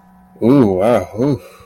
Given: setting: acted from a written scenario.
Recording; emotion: vocal sound without words; ecstasy